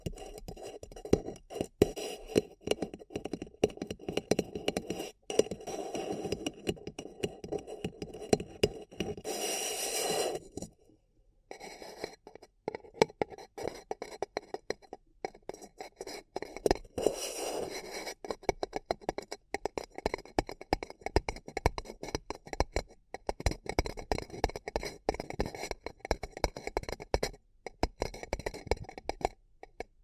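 Paper cup tingles: a dense, rapid stream of crackly taps and crinkles runs nearly the whole time, mostly in the lower middle. Brighter scraping bursts flare around 9–10 and 17 seconds, and a brief quiet gap falls near 11 seconds.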